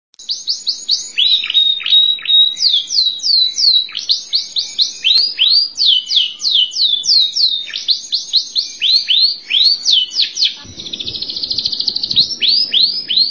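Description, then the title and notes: Canary song with rapid repeated down-slurred notes, varied trilled phrases and a buzzy rolling trill near the end, clear and loud throughout. "Suara Burung Kenari"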